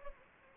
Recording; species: mosquito wingbeat signal from an infrared sensor; Anopheles gambiae